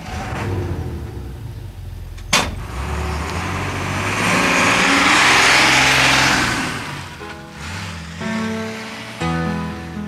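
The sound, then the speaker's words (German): A bus engine rumbles low and steady as the bus leaves Aguas Calientes, the last station before Zacatecas, swelling into a broad rushing wash of road noise before settling back to a deep idling drone with a sharp knock near the start. “Als der Bus Aguas Calientes verließ, die letzte Station vor Zacatecas, schloss ich die Augen.”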